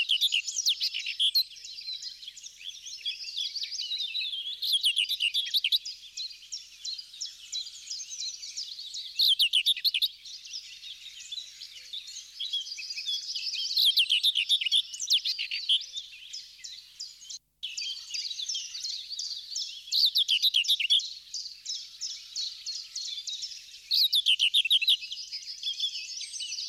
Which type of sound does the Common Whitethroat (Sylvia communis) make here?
song